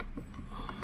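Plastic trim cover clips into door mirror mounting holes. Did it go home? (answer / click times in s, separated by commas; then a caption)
no / none. A plastic mirror trim cover with retaining clips is handled at the mounting holes of a 2015 Ford F-150 driver's side door mirror during a mirror replacement. Low, muffled handling noise is heard, ending in a sudden loud, sharp burst at about 0.9 s. The clips have not popped into the holes, and nothing has seated yet.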